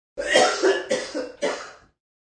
Sick sound effects man coughs.